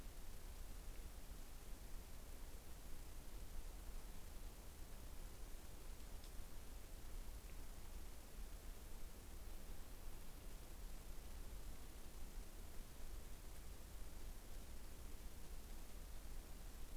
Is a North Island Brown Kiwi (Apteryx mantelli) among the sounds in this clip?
no